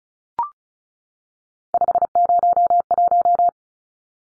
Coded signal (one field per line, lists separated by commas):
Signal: Morse code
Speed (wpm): 34 wpm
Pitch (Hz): 700 Hz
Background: none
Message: 501